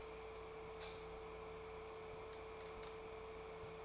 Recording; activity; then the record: daily activity, microphone in the room; light on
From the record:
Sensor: 1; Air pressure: 1014.7 hPa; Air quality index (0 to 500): 186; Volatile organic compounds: 18 ppm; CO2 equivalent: 2631 ppm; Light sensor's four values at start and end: 21/52/21/25 and 31/83/34/39